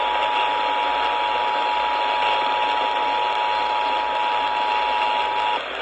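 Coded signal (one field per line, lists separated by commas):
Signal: Emergency Alert System (SAME) tones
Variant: 853 and 960 Hz attention tone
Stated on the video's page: Compilation of alerts received across Shreveport.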